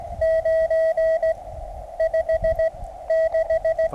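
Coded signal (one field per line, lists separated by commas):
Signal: Morse code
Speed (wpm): 17 wpm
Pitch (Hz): 650 Hz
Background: radio noise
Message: 9 5 6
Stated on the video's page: QRP park activation with Mountain Topper MTR 3B at 9 volts on resonant antenna, calling CQ and completing a CW QSO.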